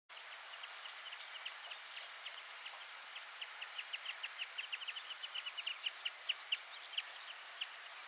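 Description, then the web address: Bird giving a loose series of high, sharp chip notes that grow louder midway, set against a constant hiss of background noise. "peking birds bird call"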